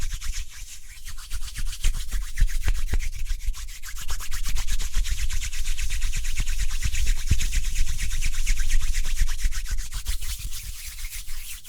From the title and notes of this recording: ASMR Speedy Hand Sounds (No Talking).